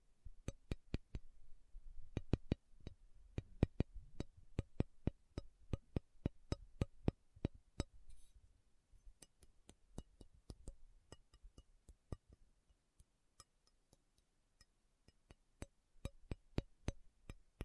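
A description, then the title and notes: Sharp metal taps strike at an uneven, unhurried pace, clustered early and sparser later, with bright clinking tops. ASMR Sleepy Slow Tapping Metal Sounds (No Talking).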